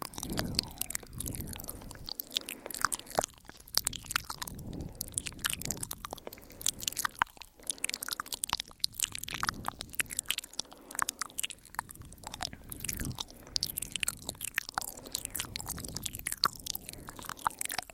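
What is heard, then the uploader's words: Wet mouth sounds go on without pause: chewing, biting and crunchy clicks packed densely together, with sharp bright snaps several times a second. Soft low thumps of the jaw sit underneath, and the pattern stays steady throughout. MOUTH SOUNDS THAT GOES ON, AND ON, AND ON.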